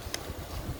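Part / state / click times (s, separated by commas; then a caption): folding lock lever on an electric kick scooter stem / not seated / none. The folding lock lever on the stem of a NIU KQi2 Pro electric kick scooter is handled while the scooter is being folded back. A single brief, sharp tap is heard at 0.1 s over low, rumbling wind-like background noise. Nothing has seated or clicked into place yet.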